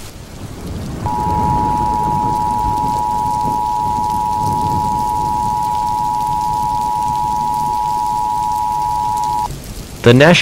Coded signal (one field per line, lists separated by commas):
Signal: Emergency Alert System (SAME) tones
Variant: 853 and 960 Hz attention tone